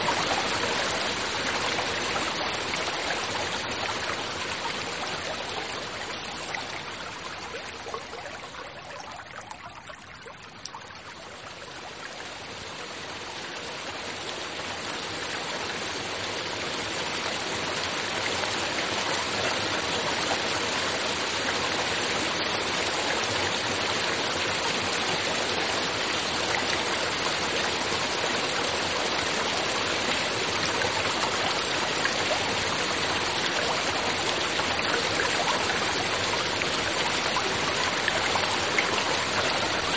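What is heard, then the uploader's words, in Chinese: Water in a natural setting rushes steadily, a dense, hissing wash that fills the scene from low rumble to bright spray. Around ten seconds the flow briefly softens and thins before swelling back to its full, even roar for the rest. 大自然声音助眠：天然水域。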